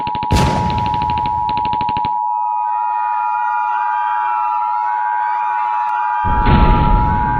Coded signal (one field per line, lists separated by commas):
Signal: Emergency Alert System (SAME) tones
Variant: 853 and 960 Hz attention tone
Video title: EAS Scenario 2: Teenage Outlaws